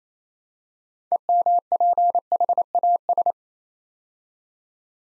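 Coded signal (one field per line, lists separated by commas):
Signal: Morse code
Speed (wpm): 27 wpm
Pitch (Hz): 700 Hz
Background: none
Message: EMPHAS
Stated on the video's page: Build-a-word drill: nine-letter words copied three letters at a time at 28 wpm.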